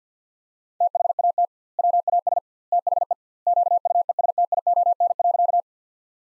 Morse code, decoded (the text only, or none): THAT WAS THE QUESTION.